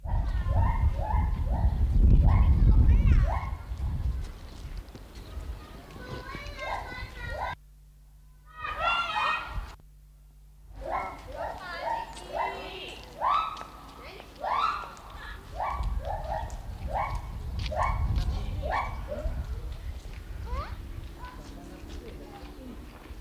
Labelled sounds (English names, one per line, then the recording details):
Lar Gibbon call
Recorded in captivity
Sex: pair
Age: adult
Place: Zoo Berlin, Berlin, DE
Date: 1995-04-01 12:50
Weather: bedeckt - heiter, 6 - 8 °C, böiger Wind
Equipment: Marantz CP 430, Sennheiser ME 80, Kopie Uher Variocord 263
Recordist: Tembrock, Günter